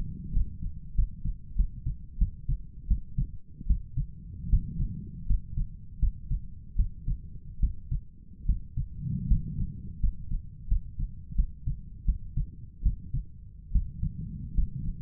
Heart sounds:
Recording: heart sounds by stethoscope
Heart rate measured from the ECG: 80 bpm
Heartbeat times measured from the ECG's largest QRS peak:
0.33 s: heartbeat
0.95 s: heartbeat
1.56 s: heartbeat
2.19 s: heartbeat
2.88 s: heartbeat
3.67 s: heartbeat
4.50 s: heartbeat
5.27 s: heartbeat
6.00 s: heartbeat
6.76 s: heartbeat
7.60 s: heartbeat
8.46 s: heartbeat
9.28 s: heartbeat
10.00 s: heartbeat
10.68 s: heartbeat
11.36 s: heartbeat
12.06 s: heartbeat
12.83 s: heartbeat
13.72 s: heartbeat
14.55 s: heartbeat
From the record:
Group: healthy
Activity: rest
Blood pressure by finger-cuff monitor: 124/66 mmHg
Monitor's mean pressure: 81 mmHg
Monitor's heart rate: 79 bpm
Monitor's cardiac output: 7.5 L/min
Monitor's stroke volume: 93 mL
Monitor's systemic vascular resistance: 770 dyn s/cm5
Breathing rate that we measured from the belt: 12 breaths a minute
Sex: male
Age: 23 years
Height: 179 cm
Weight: 87 kg

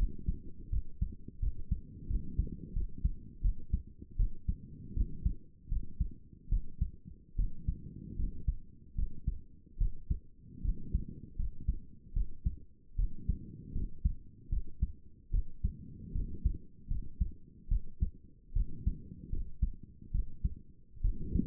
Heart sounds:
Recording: heart sounds by stethoscope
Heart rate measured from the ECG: 77 bpm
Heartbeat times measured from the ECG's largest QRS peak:
0.70 s: heartbeat
1.39 s: heartbeat
2.07 s: heartbeat
2.73 s: heartbeat
3.41 s: heartbeat
4.16 s: heartbeat
4.94 s: heartbeat
5.68 s: heartbeat
6.49 s: heartbeat
7.36 s: heartbeat
8.16 s: heartbeat
8.95 s: heartbeat
9.78 s: heartbeat
10.62 s: heartbeat
11.36 s: heartbeat
12.13 s: heartbeat
12.96 s: heartbeat
13.72 s: heartbeat
14.49 s: heartbeat
15.31 s: heartbeat
16.12 s: heartbeat
16.88 s: heartbeat
17.68 s: heartbeat
18.53 s: heartbeat
19.30 s: heartbeat
20.11 s: heartbeat
21.01 s: heartbeat
From the record:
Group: healthy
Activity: rest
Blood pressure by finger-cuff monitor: 149/85 mmHg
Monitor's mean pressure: 104 mmHg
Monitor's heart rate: 78 bpm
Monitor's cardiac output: 6.6 L/min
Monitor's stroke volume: 86 mL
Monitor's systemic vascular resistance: 1160 dyn s/cm5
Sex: female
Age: 22 years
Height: 154 cm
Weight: 58.7 kg

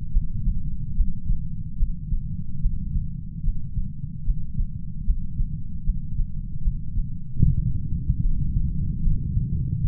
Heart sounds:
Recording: heart sounds by stethoscope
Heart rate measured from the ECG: 74 bpm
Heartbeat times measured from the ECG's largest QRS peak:
0.09 s: heartbeat
0.92 s: heartbeat
1.75 s: heartbeat
2.58 s: heartbeat
3.40 s: heartbeat
4.22 s: heartbeat
5.02 s: heartbeat
5.81 s: heartbeat
6.60 s: heartbeat
7.38 s: heartbeat
8.20 s: heartbeat
9.01 s: heartbeat
9.80 s: heartbeat
From the record:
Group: healthy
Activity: breath hold 0-7 s, rest 7-10 s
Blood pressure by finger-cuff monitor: 105/68 mmHg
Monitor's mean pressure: 83 mmHg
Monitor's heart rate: 73 bpm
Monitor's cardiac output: 5.9 L/min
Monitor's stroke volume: 80 mL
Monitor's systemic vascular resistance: 1030 dyn s/cm5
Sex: female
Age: 26 years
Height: 165 cm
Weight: 55 kg

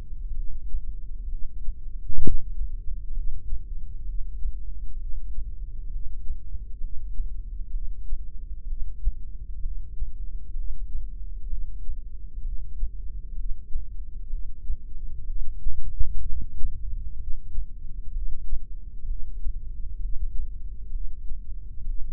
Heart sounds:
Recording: heart sounds by microphone in the left ear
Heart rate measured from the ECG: 64 bpm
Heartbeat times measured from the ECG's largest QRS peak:
0.36 s: heartbeat
1.30 s: heartbeat
2.23 s: heartbeat
3.15 s: heartbeat
4.07 s: heartbeat
5.00 s: heartbeat
5.92 s: heartbeat
6.82 s: heartbeat
7.73 s: heartbeat
8.68 s: heartbeat
9.63 s: heartbeat
10.56 s: heartbeat
11.50 s: heartbeat
12.44 s: heartbeat
13.37 s: heartbeat
14.31 s: heartbeat
15.27 s: heartbeat
16.25 s: heartbeat
17.20 s: heartbeat
18.14 s: heartbeat
19.08 s: heartbeat
20.01 s: heartbeat
20.93 s: heartbeat
21.87 s: heartbeat
From the record:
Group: heart failure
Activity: rest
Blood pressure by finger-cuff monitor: 131/92 mmHg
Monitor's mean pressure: 106 mmHg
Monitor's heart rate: 64 bpm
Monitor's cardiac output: 5.9 L/min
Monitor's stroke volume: 92 mL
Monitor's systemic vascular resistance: 1330 dyn s/cm5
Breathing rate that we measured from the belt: 17 breaths a minute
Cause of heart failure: idiopathic cardiomyopathy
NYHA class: 1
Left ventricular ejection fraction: 50%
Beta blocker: bisoprolol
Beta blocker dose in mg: 5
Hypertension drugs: candesartan, spironolactone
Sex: male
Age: 54 years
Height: 180 cm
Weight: 94.6 kg

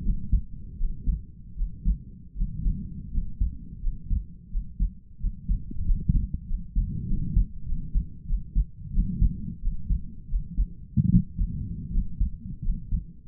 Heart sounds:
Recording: heart sounds by stethoscope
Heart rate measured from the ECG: 86 bpm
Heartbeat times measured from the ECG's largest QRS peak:
0.01 s: heartbeat
0.76 s: heartbeat
1.54 s: heartbeat
2.33 s: heartbeat
3.09 s: heartbeat
3.79 s: heartbeat
4.48 s: heartbeat
5.17 s: heartbeat
5.83 s: heartbeat
6.45 s: heartbeat
7.05 s: heartbeat
7.64 s: heartbeat
8.25 s: heartbeat
8.91 s: heartbeat
9.60 s: heartbeat
10.27 s: heartbeat
11.08 s: heartbeat
11.90 s: heartbeat
12.61 s: heartbeat
From the record:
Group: healthy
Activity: rest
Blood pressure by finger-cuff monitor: 92/62 mmHg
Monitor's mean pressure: 70 mmHg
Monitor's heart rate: 87 bpm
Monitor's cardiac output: 5.3 L/min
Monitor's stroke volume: 67 mL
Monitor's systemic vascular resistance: 940 dyn s/cm5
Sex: male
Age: 22 years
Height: 181 cm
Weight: 60 kg

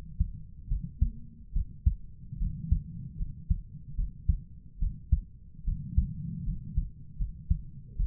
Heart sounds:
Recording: heart sounds by stethoscope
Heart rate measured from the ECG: 74 bpm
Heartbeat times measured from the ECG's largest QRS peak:
0.69 s: heartbeat
1.54 s: heartbeat
2.39 s: heartbeat
3.18 s: heartbeat
3.96 s: heartbeat
4.80 s: heartbeat
5.65 s: heartbeat
6.46 s: heartbeat
7.18 s: heartbeat
7.97 s: heartbeat
From the record:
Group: healthy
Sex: female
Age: 22 years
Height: 160 cm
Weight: 63 kg

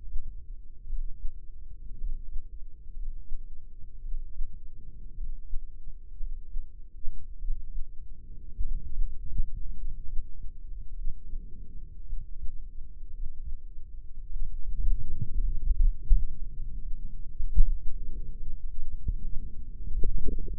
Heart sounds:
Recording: heart sounds by microphone in the left ear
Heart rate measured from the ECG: 56 bpm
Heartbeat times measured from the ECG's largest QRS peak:
0.85 s: heartbeat
1.96 s: heartbeat
2.91 s: heartbeat
4.00 s: heartbeat
5.13 s: heartbeat
6.15 s: heartbeat
7.37 s: heartbeat
8.60 s: heartbeat
9.73 s: heartbeat
10.93 s: heartbeat
12.04 s: heartbeat
13.09 s: heartbeat
14.28 s: heartbeat
15.39 s: heartbeat
16.33 s: heartbeat
17.35 s: heartbeat
18.34 s: heartbeat
19.19 s: heartbeat
20.02 s: heartbeat
From the record:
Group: healthy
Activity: rest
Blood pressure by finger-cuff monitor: 122/76 mmHg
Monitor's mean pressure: 93 mmHg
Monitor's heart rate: 55 bpm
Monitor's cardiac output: 5.8 L/min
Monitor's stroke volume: 107 mL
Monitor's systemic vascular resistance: 1220 dyn s/cm5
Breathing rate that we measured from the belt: 18 breaths a minute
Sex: female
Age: 23 years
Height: 160 cm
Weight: 50.4 kg

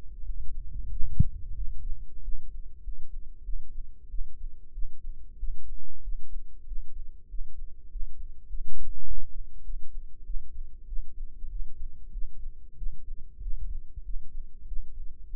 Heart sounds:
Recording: heart sounds by microphone in the right ear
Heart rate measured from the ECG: 96 bpm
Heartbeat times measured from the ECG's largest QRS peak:
0.23 s: heartbeat
0.90 s: heartbeat
1.54 s: heartbeat
2.22 s: heartbeat
2.81 s: heartbeat
3.42 s: heartbeat
4.08 s: heartbeat
4.71 s: heartbeat
5.37 s: heartbeat
6.01 s: heartbeat
6.65 s: heartbeat
7.27 s: heartbeat
7.89 s: heartbeat
8.47 s: heartbeat
9.04 s: heartbeat
9.62 s: heartbeat
10.23 s: heartbeat
10.85 s: heartbeat
11.48 s: heartbeat
12.10 s: heartbeat
12.75 s: heartbeat
13.39 s: heartbeat
14.02 s: heartbeat
14.65 s: heartbeat
15.27 s: heartbeat
From the record:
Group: healthy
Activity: rest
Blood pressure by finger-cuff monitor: 128/82 mmHg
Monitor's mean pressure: 93 mmHg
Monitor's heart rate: 94 bpm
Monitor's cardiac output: 7.1 L/min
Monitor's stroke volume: 75 mL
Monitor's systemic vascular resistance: 950 dyn s/cm5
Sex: female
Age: 19 years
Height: 163 cm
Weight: 51 kg

